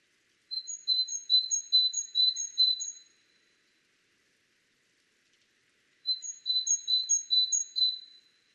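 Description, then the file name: Great tit giving a bright, high repeated two-note phrase, several notes per burst, in two bursts separated by a quiet gap. "Parus major"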